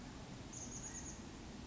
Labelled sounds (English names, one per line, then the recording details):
Chestnut-backed Chickadee
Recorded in Sonoma County, California